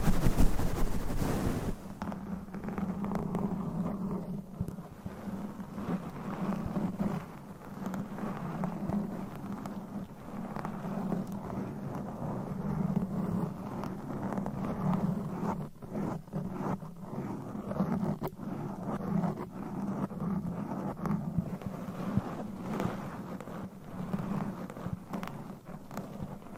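Scratching and tapping during a massage, a steady dense rustle with a low hum and brief louder bursts, strongest at the start.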